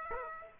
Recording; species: mosquito wingbeat signal from an infrared sensor; Aedes aegypti